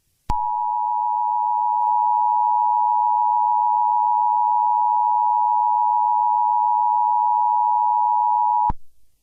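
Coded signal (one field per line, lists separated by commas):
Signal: Emergency Alert System (SAME) tones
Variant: 853 and 960 Hz attention tone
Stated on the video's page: Fictional EAS mock scenario using valid EAS tones.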